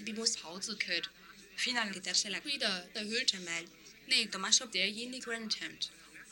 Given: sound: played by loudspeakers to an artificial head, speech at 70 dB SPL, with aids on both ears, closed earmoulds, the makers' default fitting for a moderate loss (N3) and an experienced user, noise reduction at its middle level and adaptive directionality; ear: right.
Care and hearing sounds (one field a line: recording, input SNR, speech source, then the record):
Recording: speech test signal (ISTS) in cocktail-party noise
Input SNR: +9 dB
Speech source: on the right (90 degrees)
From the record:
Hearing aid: class 1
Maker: J